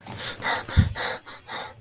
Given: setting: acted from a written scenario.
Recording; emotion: vocal sound without words; distress